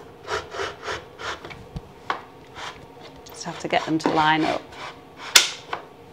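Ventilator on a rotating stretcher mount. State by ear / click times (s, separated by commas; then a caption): seated / 5.4 s. A baby pack ventilator is turned round on its rotating mount on a flight stretcher, with repeated rubbing and scraping as it is lined up while someone talks. A sharp, loud knock at 5.4 s marks the ventilator locking into place, turned so the medical lead can see it better.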